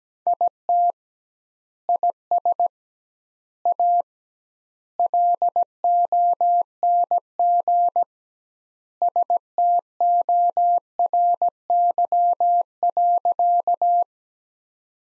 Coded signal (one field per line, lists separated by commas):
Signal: Morse code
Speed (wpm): 17 wpm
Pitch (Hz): 700 Hz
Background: none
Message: IT IS A LONG STORY.